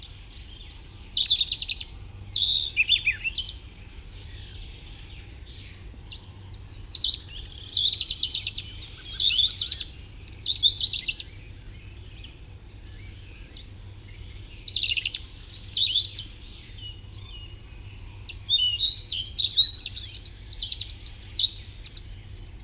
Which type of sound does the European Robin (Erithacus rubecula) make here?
song